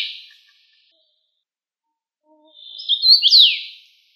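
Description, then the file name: Common rosefinch singing one bright whistled phrase that slurs downward at its end, following the faint tail of an earlier note and a brief low tone. "chechevica"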